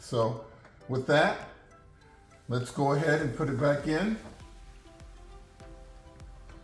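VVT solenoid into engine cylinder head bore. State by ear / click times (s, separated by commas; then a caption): not seated / none. A VVT solenoid for a 2001–2006 Lexus LS430 is being wiggled into its bore in the engine cylinder head before being pushed home. Someone talks for the first four seconds, followed by faint handling sounds with small ticks around 5.0, 5.6 and 6.2 seconds. The solenoid has not yet seated or clicked.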